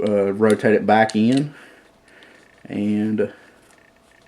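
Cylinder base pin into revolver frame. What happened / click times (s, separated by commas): Part handled, nothing has seated yet / none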